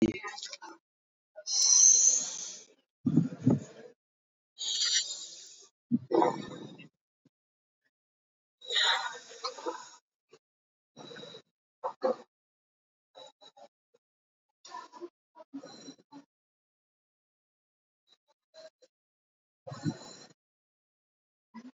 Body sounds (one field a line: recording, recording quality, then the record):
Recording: deep breathing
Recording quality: excellent, no background noise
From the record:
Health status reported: recovered from COVID-19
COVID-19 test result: positive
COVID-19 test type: RT-PCR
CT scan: not taken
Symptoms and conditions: cough, asthma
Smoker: no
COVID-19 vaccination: both doses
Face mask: worn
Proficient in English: yes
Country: India